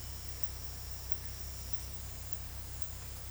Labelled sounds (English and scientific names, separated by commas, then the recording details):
none
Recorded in dense forest near Puerto Asís, Putumayo, Colombia, on 19 February 2024 at 10:00
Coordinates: 0.487, -76.319
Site G6403